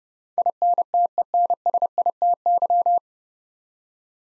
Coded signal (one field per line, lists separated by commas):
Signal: Morse code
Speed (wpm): 30 wpm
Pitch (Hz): 700 Hz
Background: none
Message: INTENSITY